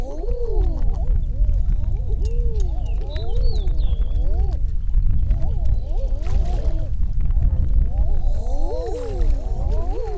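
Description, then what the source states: Common eider calls: many overlapping, moaning rising-and-falling coos from a group, continuing throughout, over low rumbling noise with a brief higher whistle. Svalbard, 9 June 2010.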